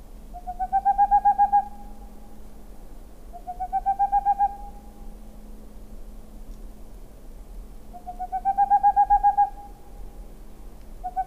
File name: Chouette de Tengmalm